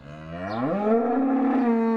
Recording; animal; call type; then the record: contact call of a hoofed animal; cattle; low-frequency (closed-mouth) or high-frequency (open-mouth) call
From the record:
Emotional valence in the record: negative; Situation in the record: full separation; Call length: 2.1 s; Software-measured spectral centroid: 860 Hz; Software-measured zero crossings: 980 a second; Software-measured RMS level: -23 dBFS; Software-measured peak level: -11 dBFS